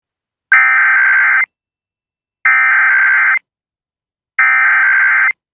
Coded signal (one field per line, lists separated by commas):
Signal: Emergency Alert System (SAME) tones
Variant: header bursts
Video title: EAS Test EAS#266